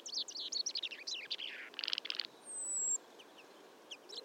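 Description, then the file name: Common chaffinch song ending in a falling trill and a short buzzy flourish, followed by a long, thin, high whistle and a few faint notes. "Fringilla coelebs"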